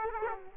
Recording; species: mosquito wingbeat signal from an infrared sensor; Aedes aegypti